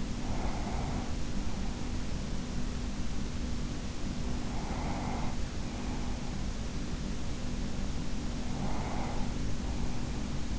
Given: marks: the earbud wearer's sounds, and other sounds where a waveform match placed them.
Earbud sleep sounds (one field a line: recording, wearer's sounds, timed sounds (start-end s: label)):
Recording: sounds in sleep by an in-ear microphone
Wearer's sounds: breath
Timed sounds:
0.00-2.26 s: breath
4.26-6.68 s: breath
8.43-10.59 s: breath